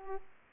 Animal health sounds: mosquito wingbeat signal from an infrared sensor; Aedes aegypti

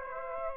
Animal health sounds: mosquito wingbeat signal from an infrared sensor; Aedes aegypti

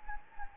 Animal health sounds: mosquito wingbeat signal from an infrared sensor; Anopheles gambiae

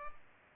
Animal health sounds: mosquito wingbeat signal from an infrared sensor; Culex pipiens

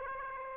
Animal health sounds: mosquito wingbeat signal from an infrared sensor; Aedes aegypti

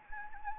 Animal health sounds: mosquito wingbeat signal from an infrared sensor; Anopheles gambiae

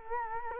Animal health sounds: mosquito wingbeat signal from an infrared sensor; Culex quinquefasciatus

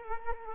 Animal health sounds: mosquito wingbeat signal from an infrared sensor; Culex quinquefasciatus

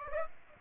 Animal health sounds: mosquito wingbeat signal from an infrared sensor; Aedes aegypti

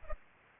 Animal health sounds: mosquito wingbeat signal from an infrared sensor; Culex pipiens

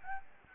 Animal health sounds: mosquito wingbeat signal from an infrared sensor; Aedes albopictus

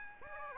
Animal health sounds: mosquito wingbeat signal from an infrared sensor; Aedes aegypti

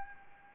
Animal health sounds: mosquito wingbeat signal from an infrared sensor; Anopheles gambiae

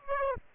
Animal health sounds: mosquito wingbeat signal from an infrared sensor; Aedes aegypti

